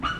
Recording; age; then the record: pig call; growing-finishing pig (85 days or more)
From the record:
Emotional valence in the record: negative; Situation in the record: barren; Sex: female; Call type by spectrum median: high-frequency call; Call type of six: low-frequency tonal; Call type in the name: high-frequency stable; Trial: 1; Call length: 0.20 s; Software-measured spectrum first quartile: 684 Hz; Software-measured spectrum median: 1248 Hz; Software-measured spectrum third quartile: 1705 Hz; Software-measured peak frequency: 1209 Hz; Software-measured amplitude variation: 139 dB a second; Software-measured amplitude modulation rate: 12.2 a second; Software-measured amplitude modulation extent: 11.4 dB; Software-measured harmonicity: 5.7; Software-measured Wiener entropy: -1.48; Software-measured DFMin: 708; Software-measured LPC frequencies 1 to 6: 1264, 2433, 2917, 4256, 5844, 7307 Hz